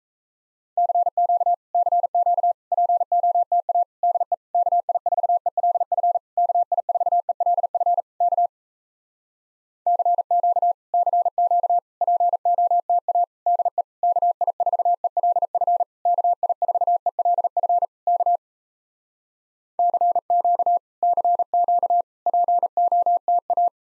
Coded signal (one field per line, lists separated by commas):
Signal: Morse code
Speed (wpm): 37 wpm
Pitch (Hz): 700 Hz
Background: none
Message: CQ CQ POTA DE KI4ELF KI4ELF K CQ CQ POTA DE KI4ELF KI4ELF K CQ CQ POTA